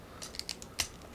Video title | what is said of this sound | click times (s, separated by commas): Transformers Legacy Road Hauler - Velocitron Speedia 500 Collection | and that should snap into place | 0.8 s